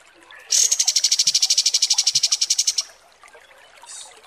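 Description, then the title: Kapas tembak song: a rapid, even trill of buzzy high notes lasting about two seconds, then a faint later phrase. Masteran (tutor song) for training cage birds, described as mewah (luxurious). "Masteran Kapas Tembak Mewah"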